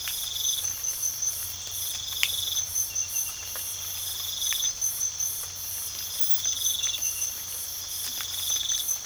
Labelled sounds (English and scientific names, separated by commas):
none